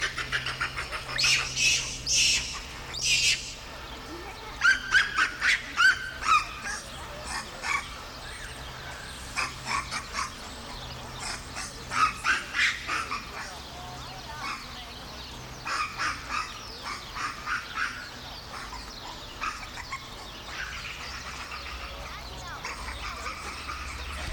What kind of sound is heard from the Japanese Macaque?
call